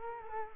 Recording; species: mosquito wingbeat signal from an infrared sensor; Culex quinquefasciatus